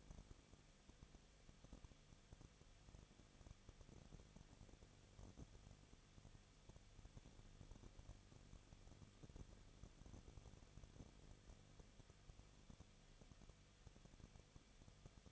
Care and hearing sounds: daily activity, microphone in the room; no activity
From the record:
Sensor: 4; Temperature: 23.0 degrees Celsius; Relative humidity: 34.1%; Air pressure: 1007.4 hPa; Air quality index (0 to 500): 212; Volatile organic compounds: 14 ppm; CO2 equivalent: 2444 ppm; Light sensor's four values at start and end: 2/3/1/1 and 2/3/1/1

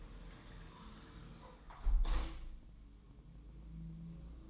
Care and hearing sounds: daily activity, microphone in the room; close window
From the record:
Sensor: 1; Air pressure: 999.9 hPa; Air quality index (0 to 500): 236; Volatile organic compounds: 106 ppm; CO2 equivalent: 3793 ppm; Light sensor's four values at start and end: 11/27/11/12 and 10/26/10/11

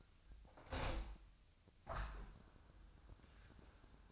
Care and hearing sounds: daily activity, microphone in the room; open window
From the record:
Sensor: 2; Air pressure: 1004.5 hPa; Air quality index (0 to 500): 74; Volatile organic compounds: 1 ppm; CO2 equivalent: 864 ppm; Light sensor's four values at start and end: 6/14/5/5 and 6/14/6/6

